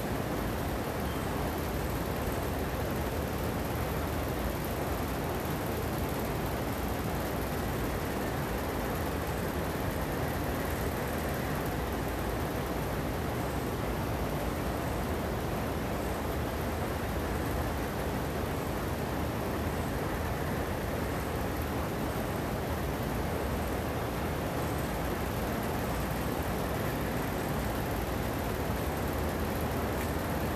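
Air conditioners roar in a steady, unbroken wash of noise for the whole stretch, heaviest in a low rumbling hum with a fainter hiss riding above it. The level never rises or falls, and no separate events break through.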